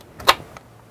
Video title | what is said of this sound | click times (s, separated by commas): OttLite Better Vision 24w HD Design Pro Floor Lamp Setup | You'll hear a click and that's it. | 0.3 s